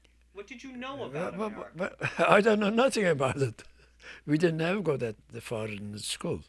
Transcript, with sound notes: What did you know about America?
(he laughs) I don't know nothing about it. We didn't ever go that far in the school.